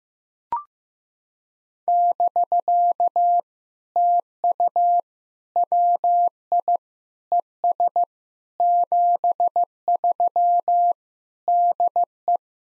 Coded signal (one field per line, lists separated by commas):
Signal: Morse code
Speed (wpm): 15 wpm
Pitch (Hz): 700 Hz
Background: none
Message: <BK> TU WI ES 73 DE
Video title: POTA QSO Practice - 15wpm